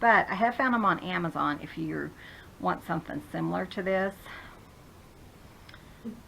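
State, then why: Seated. A plastic lid is closed onto a plastic bead storage container bought at a thrift store. Someone talks, then after a quiet pause two quick snaps at 5.7 s and 5.7 s mark the lid seating shut. The lid snaps firmly in place, and the container doesn't rattle.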